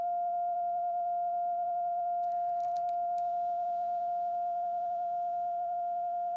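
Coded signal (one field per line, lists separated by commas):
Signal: radio time signal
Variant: TDF Allouis carrier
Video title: Time Signal Allouis France 162 Long Wave CW Received In Romford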